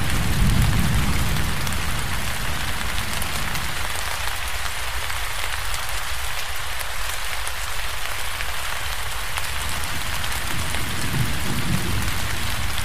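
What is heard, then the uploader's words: Steady, dense rain hisses evenly throughout, with a fine crackle of drops over a bright, noisy wash. A low rumble sits under the start and swells again briefly near the end, like soft, rolling thunder. Forest Rain Sounds For Sleep | Thunderstorm White Noise.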